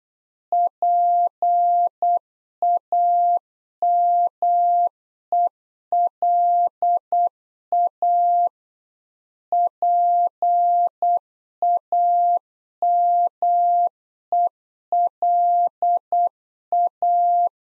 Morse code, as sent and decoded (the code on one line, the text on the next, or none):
.--. .- -- . .-.. .- / .--. .- -- . .-.. .-
PAMELA PAMELA